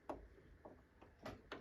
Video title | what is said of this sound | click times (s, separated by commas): How to thread Ls 2020 brother machine - sewing beginner tutorial | a push until you hear the click, tack, like that, until it clicks tack | 1.5 s